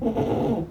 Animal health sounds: contact call of a hoofed animal; goat; low-frequency (closed-mouth) or high-frequency (open-mouth) call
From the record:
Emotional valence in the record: negative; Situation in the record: food frustration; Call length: 0.71 s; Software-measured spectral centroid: 1130 Hz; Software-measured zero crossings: 840 a second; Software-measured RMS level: -24 dBFS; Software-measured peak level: -11 dBFS

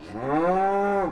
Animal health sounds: contact call of a hoofed animal; cattle; low-frequency (closed-mouth) or high-frequency (open-mouth) call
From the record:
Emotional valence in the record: negative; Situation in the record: full separation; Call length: 1.12 s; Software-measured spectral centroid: 1030 Hz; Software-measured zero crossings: 1390 a second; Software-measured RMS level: -24 dBFS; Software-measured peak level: -12 dBFS

